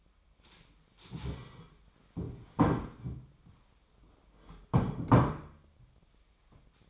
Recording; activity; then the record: daily activity, microphone in the room; stand up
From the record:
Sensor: 1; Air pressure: 1007.9 hPa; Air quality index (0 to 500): 192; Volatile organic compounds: 17 ppm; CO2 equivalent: 2598 ppm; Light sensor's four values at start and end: 13/33/13/15 and 13/32/13/14